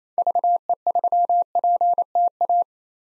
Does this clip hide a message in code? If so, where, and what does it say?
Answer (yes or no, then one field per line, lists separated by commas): yes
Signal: Morse code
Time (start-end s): 0.2-2.6 s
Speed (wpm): 28 wpm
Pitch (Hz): 700 Hz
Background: none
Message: VE3PTA